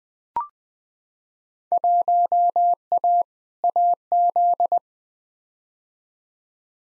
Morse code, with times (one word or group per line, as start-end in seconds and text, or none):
1.7-3.2 1A
3.6-4.8 AZ